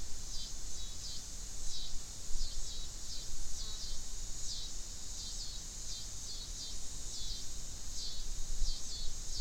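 Coastal scissor grinder cicada song, a shrill rasping drone with rapid rhythmic pulsing that keeps going without a break, faint background noise underneath.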